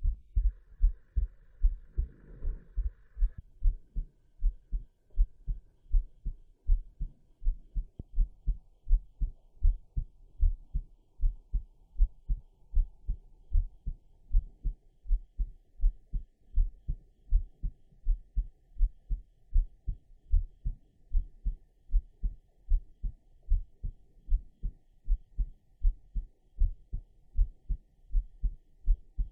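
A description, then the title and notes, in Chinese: A heartbeat thuds steadily throughout, deep and muffled, each beat a quick lub-dub pair repeating at an even, moderate pace with no pauses. During the first three seconds a faint, higher hiss sits behind the beats, then only the low pulses remain. 心跳（左右耳交替）。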